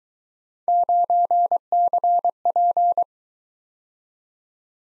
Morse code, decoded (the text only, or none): 9CP